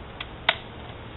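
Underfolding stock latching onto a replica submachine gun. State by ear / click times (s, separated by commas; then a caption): seated / 0.5 s. A metal underfolding stock on an AGM MP40 replica submachine gun is pushed all the way up until it latches. A faint tick comes at 0.2 s, then a sharp, louder click at 0.5 s as the stock locks into place.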